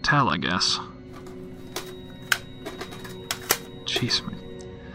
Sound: cassette fed into player

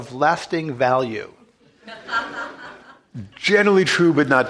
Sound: laughter

